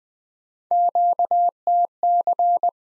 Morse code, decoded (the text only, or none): QTC